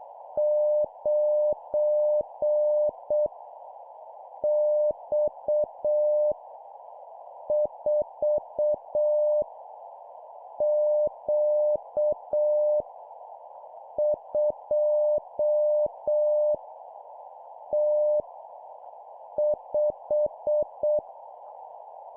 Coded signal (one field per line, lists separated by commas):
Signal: Morse code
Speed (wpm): 6 wpm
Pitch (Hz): 600 Hz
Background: none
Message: 9 X 4 Q 2 T 5